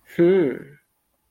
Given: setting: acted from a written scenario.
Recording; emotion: vocal sound without words; interest